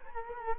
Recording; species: mosquito wingbeat signal from an infrared sensor; Culex quinquefasciatus